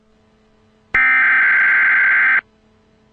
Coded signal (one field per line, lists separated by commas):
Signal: Emergency Alert System (SAME) tones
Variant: header bursts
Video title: Emergency Alert System - Amber Alert in Maryland